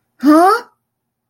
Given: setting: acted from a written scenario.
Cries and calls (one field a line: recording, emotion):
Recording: vocal sound without words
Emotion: distress